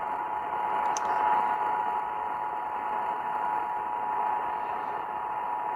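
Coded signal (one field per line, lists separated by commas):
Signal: Emergency Alert System (SAME) tones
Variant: 853 and 960 Hz attention tone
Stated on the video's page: Relayed EAS tests, some failed, one with no attention tone.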